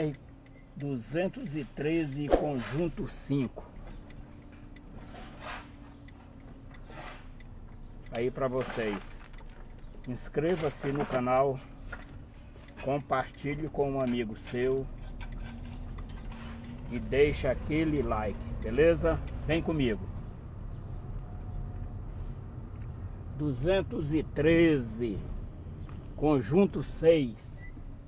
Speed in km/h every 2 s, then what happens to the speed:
3, 5, 6, 5, 6, 6, 6, 9, 12, 15, 15, 14, 12, 10.
0-13 steady at about 6. 13-18 speeds up to 15. 18-28 steady at about 14.